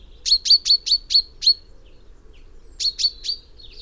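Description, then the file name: Common chaffinch calls: six sharp, metallic 'pink' notes in quick succession, a pause of over a second, then three more and a short slurred note. "Fringilla coelebs"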